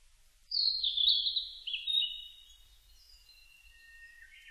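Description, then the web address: Blue-and-white flycatcher song, a high slurred whistled phrase falling in pitch and trailing off into softer notes. Recorded 25 June 2006. "2006 060625 ooruri"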